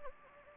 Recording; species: mosquito wingbeat signal from an infrared sensor; Anopheles gambiae